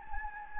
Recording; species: mosquito wingbeat signal from an infrared sensor; Anopheles gambiae